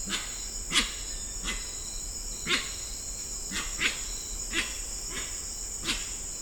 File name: Grey winged trumpeter